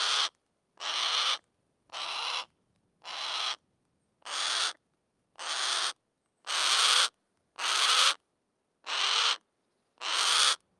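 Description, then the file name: Harris's hawk squawking: eleven rough, hoarse screeches at a steady pace of about one per second, each short and grating, no other sounds. Harsh squawking, shrieking call; recorded with a Schoeps microphone. "harris hawk heniek"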